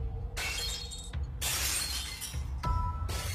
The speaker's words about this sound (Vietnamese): Mã tiên sinh hất đánh choang một cái, cái bàn đổ sập sang một bên, tiếng đổ vỡ vang lên